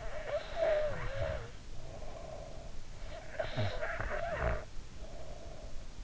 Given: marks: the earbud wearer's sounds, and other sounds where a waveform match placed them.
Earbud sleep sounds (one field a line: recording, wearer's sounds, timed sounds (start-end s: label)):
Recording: sounds in sleep by an in-ear microphone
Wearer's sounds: snoring breath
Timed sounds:
0.00-2.87 s: snoring breath
3.00-5.88 s: snoring breath